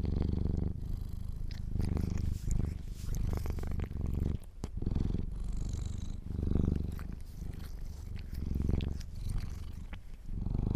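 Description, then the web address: Domestic cat purring, a deep rumbling purr in repeated breath-length swells, with scattered clicks and rustles. Kittens purring. "sleepandrelaxasmr - The Purring Kittens"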